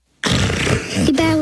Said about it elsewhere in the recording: Sleep apnea is a serious health problem that affects 12 million Americans. During sleep, you snore loudly and stop breathing repeatedly, over and over again, all night, every night.